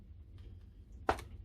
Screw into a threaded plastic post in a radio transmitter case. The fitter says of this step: and when you hear a click it's dropped into the threads that's already been cut into the